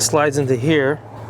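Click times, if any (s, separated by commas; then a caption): none. A plastic air intake snorkel on a 2015 Subaru Crosstrek is being slid into its mounting during an air filter replacement. Someone talks over a steady low hum. The part has not seated or clicked into place yet.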